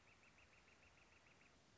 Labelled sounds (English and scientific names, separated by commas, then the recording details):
Northern Flicker (Colaptes auratus)
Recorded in Sonoma County, California